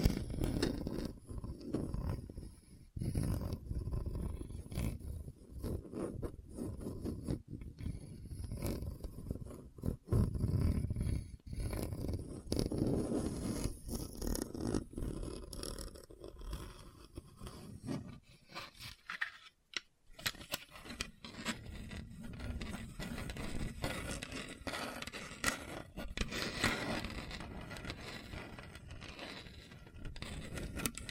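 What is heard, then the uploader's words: Hard, bumpy surface scratched in dense, rough strokes with low rumble, briefly stopping near twenty seconds before brighter scraping resumes. ASMR Hard and Bumpy Surface Scratching (No Talking).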